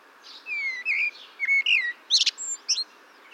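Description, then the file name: Common blackbird song: smooth whistles followed by warbling notes and a shrill, high twittered finish. "Turdus merula"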